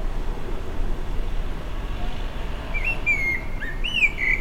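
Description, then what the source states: Blackbird singing a few fluty whistled notes late, over steady low background noise. Recorded 29 May 2020.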